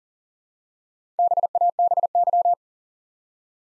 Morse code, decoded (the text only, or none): BABY